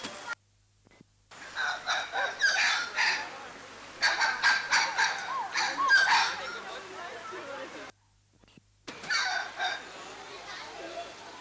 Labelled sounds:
White-fronted Spider Monkey call
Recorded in captivity
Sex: group
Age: diverse
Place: Tiergarten Wilhelma/Stuttgart, Baden-Württemberg, DE
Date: 2004-10-03 16:50
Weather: partly sunny, 17°C
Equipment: Sony WM-D6C, Sennheiser ME 80, Kopie Uher 4000 Report Monitor
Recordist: Tembrock, Günter

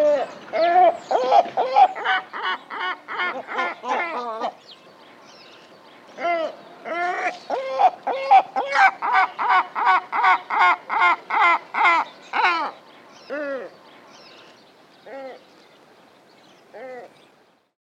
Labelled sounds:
Great Black-backed Gull
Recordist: Tembrock, Günter
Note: Rufreihen

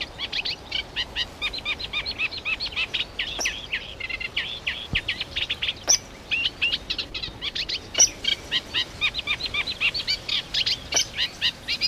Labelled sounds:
Eurasian Reed Warbler song
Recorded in the wild
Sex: male
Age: adult
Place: Mühlenbecker Land, OT Mönchmühle, Brandenburg, DE
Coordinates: 52.6464, 13.3944
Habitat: pond
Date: 1988-06-04 10:42
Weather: overcast, 18-20°C, wind
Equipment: Nagra SN, Kopie Tesla B 116
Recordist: Tembrock, Günter

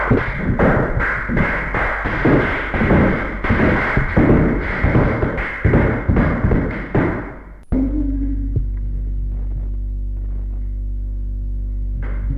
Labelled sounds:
Chimpanzee
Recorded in captivity
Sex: female
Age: adult
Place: Tierpark Berlin, Berlin, DE
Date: 1961-01-11
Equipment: Smaragd
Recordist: Korde and Stein

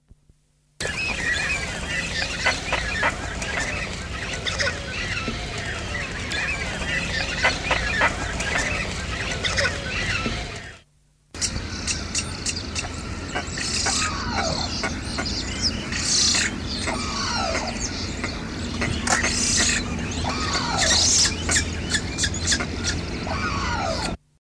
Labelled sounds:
Indian Cormorant call
Painted Stork
Eurasian Spoonbill
Sarus Crane
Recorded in the wild
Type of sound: call
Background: Mycteria leucocephala, Platalea leucorodia, Grus antigone
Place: Bharatpur, IN
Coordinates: 27.22, 77.5
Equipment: Halbspur, 9,5 cm/s
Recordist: Lütgens, Hans
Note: Rufe

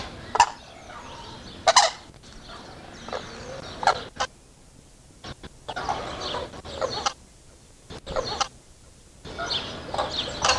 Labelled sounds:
Blue Crane call
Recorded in captivity
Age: adult
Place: Zoo Berlin, Berlin, DE
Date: 1986-05-02 11:00
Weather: sonnig, 17°C
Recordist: Tembrock, Günter

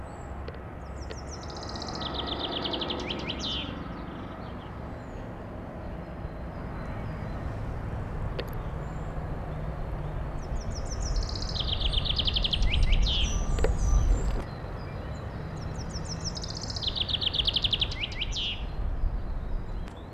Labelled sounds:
Common Chaffinch
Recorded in the wild
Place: Garmisch-Partenkirchen, Bayern, DE
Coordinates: 47.4933, 11.0636
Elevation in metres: 786
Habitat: mountains
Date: 1980-04-01
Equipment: Uher 4000, Sennheiser MKH 415 T
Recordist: Tretzel, Erwin

